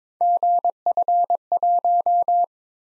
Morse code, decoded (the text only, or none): GF1